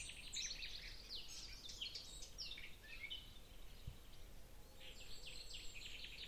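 Bird chirps, a busy run of thin high twittering notes in the first half, then another cluster of quick chirps near the end, over steady low background noise.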